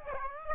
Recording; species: mosquito wingbeat signal from an infrared sensor; Aedes aegypti